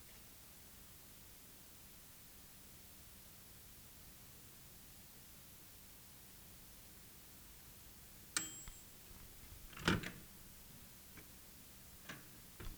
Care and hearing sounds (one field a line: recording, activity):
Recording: daily activity, guitar pickup as the sensor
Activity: use microwave